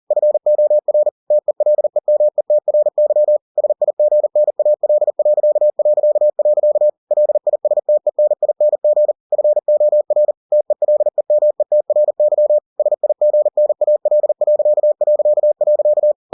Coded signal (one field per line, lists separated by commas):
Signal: Morse code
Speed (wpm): 40 wpm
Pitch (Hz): 600 Hz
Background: none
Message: FOR TELEMETRY SIGNAL... LISTENING FOR TELEMETRY SIGNAL...